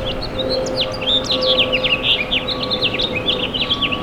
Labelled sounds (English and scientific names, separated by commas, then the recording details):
House Finch (Haemorhous mexicanus) song
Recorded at Babylon on Long Island, New York, on 18 May 2013
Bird G